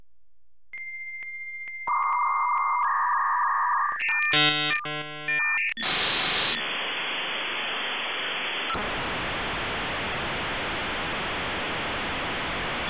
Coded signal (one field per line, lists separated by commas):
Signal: dial-up modem handshake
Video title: AOL Dial Up Internet Sound Effect